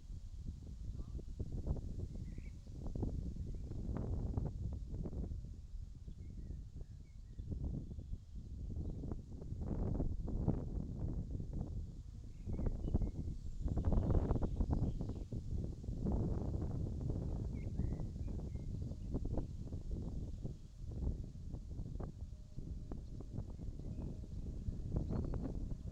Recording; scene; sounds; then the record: everyday scene through a hearing-aid microphone; wind on the microphone; wind, birds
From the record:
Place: in front of a rural house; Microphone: in the ear canal, left